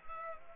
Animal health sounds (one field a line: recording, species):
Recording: mosquito wingbeat signal from an infrared sensor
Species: Culex pipiens